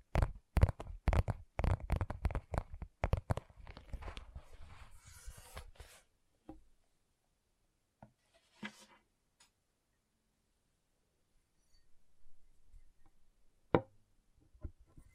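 Gentle tapping comes in quick, dense bursts of sharp knocks for the first six seconds, then thins out. After that, isolated taps land around 6.5, 8 and 8.7 seconds, with soft rustling near 12 seconds and a single crisp tap near 13.8 seconds.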